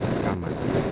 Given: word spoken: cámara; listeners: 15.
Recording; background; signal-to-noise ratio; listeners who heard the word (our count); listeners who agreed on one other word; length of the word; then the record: one Spanish word in noise, from a listening test; noise modulated by three-talker babble; -4.3 dB; 3 of 15; 10 of 15; 0.52 s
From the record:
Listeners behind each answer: 10, 3, 1, 1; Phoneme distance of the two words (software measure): 14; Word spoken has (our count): 3 syllables, 6 phonemes, stress on syllable 1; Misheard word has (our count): 2 syllables, 4 phonemes, stress on syllable 1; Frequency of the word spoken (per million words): 108.30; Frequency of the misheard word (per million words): 100.47